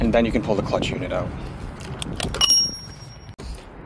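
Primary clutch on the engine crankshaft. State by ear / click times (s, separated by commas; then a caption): released / 2.0 s. Someone talks while a Can-Am primary clutch puller tool is tightened into the steel primary clutch on the engine crankshaft of a Can-Am Ryker, using a breaker bar. A sharp pop at 2.0 s marks the clutch breaking free of its shaft, followed by a couple of quick clicks and a bright ringing tone. The clutch is released and pops right off.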